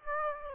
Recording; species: mosquito wingbeat signal from an infrared sensor; Aedes aegypti